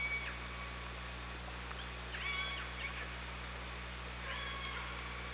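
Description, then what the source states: Orca calls, a few faint pulsed tones over steady underwater hiss and a low constant hum. Recorded on an OrcaLab hydrophone underwater, 24 August 2017 at 18:42:13.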